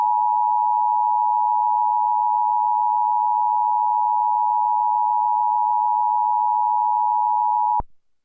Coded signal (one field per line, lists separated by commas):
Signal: Emergency Alert System (SAME) tones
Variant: 853 and 960 Hz attention tone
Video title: EAS Mock #1 (READ DESC)